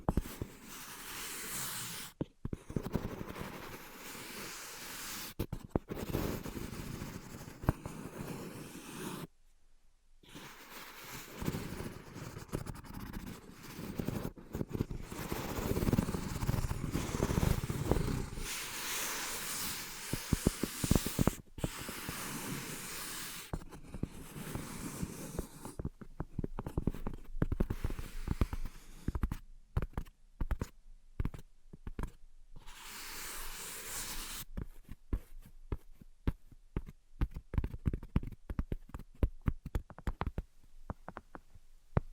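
Scratching and tapping sounds run almost without pause, a dense, rough, crackling texture spread from low to bright. Brief silences cut in near 2, 6 and 9–10 seconds, and after about 34 seconds the scratching breaks into quicker, choppier bursts with more frequent gaps.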